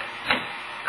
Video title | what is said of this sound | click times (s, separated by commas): Buchi Vapor Ducts | clicks but there's a lot of play in it and it'll just fall right | 0.3 s